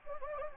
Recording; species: mosquito wingbeat signal from an infrared sensor; Anopheles gambiae